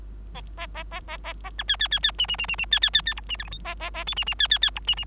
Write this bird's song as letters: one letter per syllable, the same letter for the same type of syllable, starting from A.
A A A A A A B C C C C D D D D D C C C C E D F G H A A A I D D C C C E D D